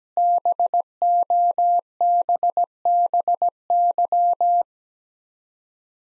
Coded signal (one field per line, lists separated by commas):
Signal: Morse code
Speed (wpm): 17 wpm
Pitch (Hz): 700 Hz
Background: none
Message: BOBBY